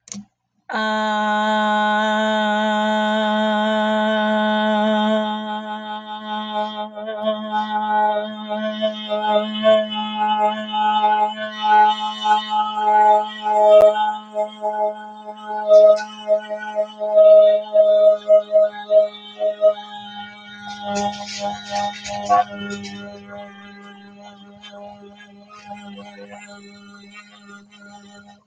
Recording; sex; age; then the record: vowel held as long as possible; female; 20 to 29 years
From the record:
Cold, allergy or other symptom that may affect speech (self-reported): no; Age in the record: 24 years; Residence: Idaho, United States